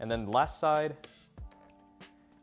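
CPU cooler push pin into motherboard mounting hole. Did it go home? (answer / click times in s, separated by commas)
yes / 1.5 s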